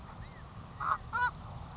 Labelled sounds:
California Quail (Callipepla californica)
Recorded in Sonoma County, California

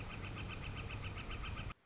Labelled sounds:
Northern Flicker (Colaptes auratus)
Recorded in Sonoma County, California

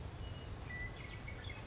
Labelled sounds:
Western Meadowlark (Sturnella neglecta)
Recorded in Sonoma County, California

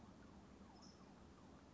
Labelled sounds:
California Towhee (Melozone crissalis)
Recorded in Sonoma County, California

